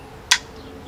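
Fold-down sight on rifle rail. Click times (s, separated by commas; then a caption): 0.3 s. A fold-down sight on a rifle rail is folded down and locks in place with a single loud, sharp click at 0.3 seconds, heard against a quiet background. The sight is seated and locked.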